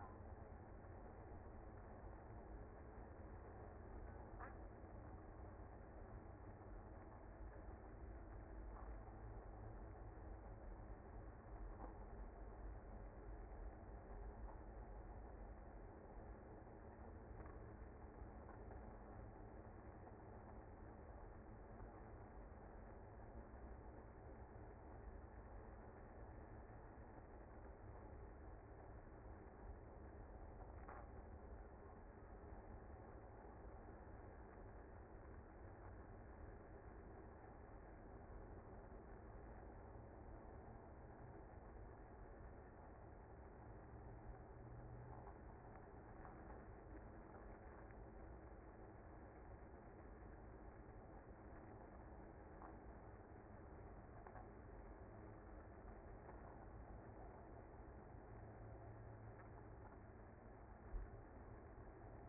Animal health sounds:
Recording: honeybee colony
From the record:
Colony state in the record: active

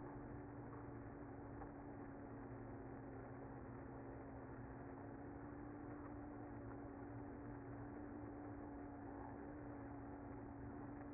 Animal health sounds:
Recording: honeybee colony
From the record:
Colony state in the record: active

